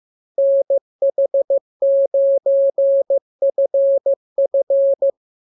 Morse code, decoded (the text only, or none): NH9FF